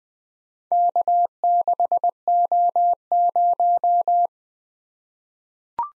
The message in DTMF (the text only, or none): none